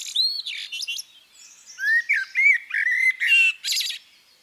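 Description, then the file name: Common blackbird song: scratchy high notes, then smooth whistled notes in the middle range, ending in a scratchy, rattling high twitter. "CHernyj drozd - Turdus merula - British Library"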